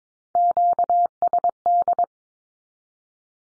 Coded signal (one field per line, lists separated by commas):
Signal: Morse code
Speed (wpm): 22 wpm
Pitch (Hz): 700 Hz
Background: none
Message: QSD